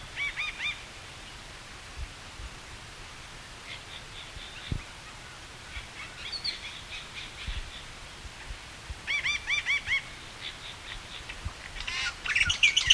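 Bird calls: scattered short bursts of high, arched, ringing notes come every few seconds, growing busier toward the end against a quiet background.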